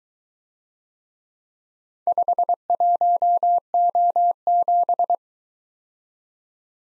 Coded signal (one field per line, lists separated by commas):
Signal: Morse code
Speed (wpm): 22 wpm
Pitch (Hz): 700 Hz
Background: none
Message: 51O7